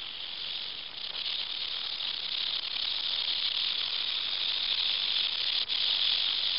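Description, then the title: Rattlesnake rattle: a steady, dry, hissing buzz that runs almost unbroken throughout with slight swells in loudness. "RTLSNAKE"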